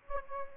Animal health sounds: mosquito wingbeat signal from an infrared sensor; Anopheles gambiae

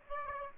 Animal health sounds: mosquito wingbeat signal from an infrared sensor; Aedes aegypti

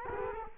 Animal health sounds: mosquito wingbeat signal from an infrared sensor; Culex quinquefasciatus

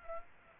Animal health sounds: mosquito wingbeat signal from an infrared sensor; Aedes aegypti

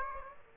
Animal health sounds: mosquito wingbeat signal from an infrared sensor; Aedes aegypti

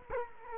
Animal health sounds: mosquito wingbeat signal from an infrared sensor; Culex quinquefasciatus

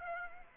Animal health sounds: mosquito wingbeat signal from an infrared sensor; Aedes aegypti

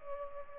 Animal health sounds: mosquito wingbeat signal from an infrared sensor; Culex pipiens

